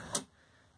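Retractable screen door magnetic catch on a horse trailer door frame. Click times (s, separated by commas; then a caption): 0.1 s. A built-in retractable screen door on a horse trailer is pulled across, and its magnetic catch snaps shut against the door frame with a single sharp click at 0.1 s. The click carries strong high-frequency energy, then fades into quiet room tone. The screen door is latched closed.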